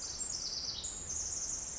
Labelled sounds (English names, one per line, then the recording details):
Pacific Wren
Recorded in Sonoma County, California